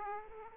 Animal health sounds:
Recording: mosquito wingbeat signal from an infrared sensor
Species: Aedes aegypti

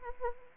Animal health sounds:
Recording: mosquito wingbeat signal from an infrared sensor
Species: Anopheles arabiensis

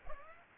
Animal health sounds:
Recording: mosquito wingbeat signal from an infrared sensor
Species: Aedes aegypti

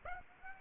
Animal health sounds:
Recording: mosquito wingbeat signal from an infrared sensor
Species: Aedes aegypti

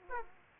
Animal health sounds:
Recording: mosquito wingbeat signal from an infrared sensor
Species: Aedes aegypti

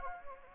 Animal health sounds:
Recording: mosquito wingbeat signal from an infrared sensor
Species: Anopheles gambiae

